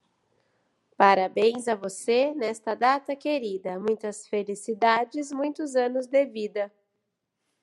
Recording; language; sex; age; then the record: short text; Brazilian Portuguese; female; 40 to 49 years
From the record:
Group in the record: control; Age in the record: 48 years